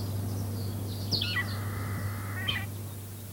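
Vegetarian finch song: a quick falling note leads into a long, level, nasal buzz that ends with a short burst, set against a continuous low drone.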